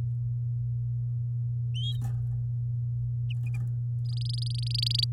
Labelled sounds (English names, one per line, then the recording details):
Domestic Canary song
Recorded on 11 May 2018 at 06:23
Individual llb16